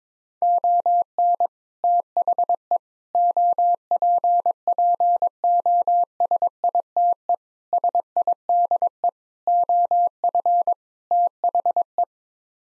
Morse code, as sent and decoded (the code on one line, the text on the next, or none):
--- -. / - .... . / --- .--. .--. --- ... .. - . / ... .. -.. . / --- ..-. / - .... .
ON THE OPPOSITE SIDE OF THE